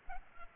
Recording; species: mosquito wingbeat signal from an infrared sensor; Culex pipiens